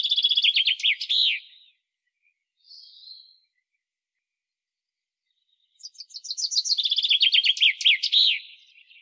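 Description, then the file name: Common chaffinch singing twice: quick cascading phrases of sharp notes dropping in pitch with a terminal flourish, separated by a pause with one soft, brief note. "Fringilla coelebs"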